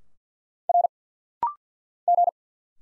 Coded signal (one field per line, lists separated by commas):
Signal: Morse code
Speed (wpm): 50 wpm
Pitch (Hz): 700 Hz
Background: none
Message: R G